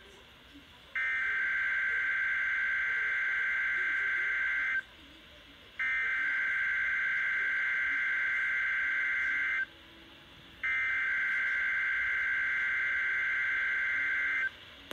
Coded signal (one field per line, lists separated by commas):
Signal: Emergency Alert System (SAME) tones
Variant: header bursts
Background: speech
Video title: 6/16/22 End of SVR and SVA(EAS 2,983-2,984)